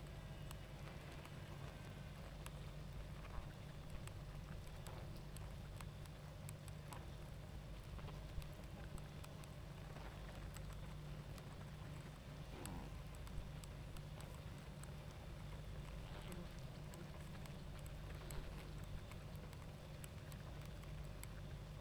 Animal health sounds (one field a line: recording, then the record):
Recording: honeybee colony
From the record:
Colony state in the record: active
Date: 28 July 2017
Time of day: 21:02